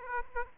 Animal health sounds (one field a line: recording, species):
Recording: mosquito wingbeat signal from an infrared sensor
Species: Aedes aegypti